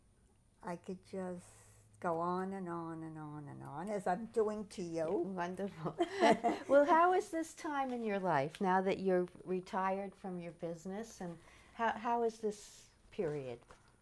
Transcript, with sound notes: I could just go on and on and on and on, as I'm doing to you.
Wonderful. [laughter] Well, how is this time in your life, now that you're retired from your business and h — how is this period?